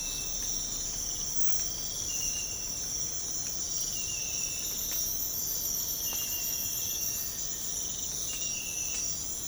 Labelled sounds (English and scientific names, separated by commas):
none